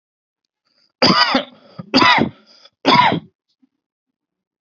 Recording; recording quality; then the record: heavy voluntary cough; excellent, no background noise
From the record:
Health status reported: healthy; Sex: male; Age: 27 years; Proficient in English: yes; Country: India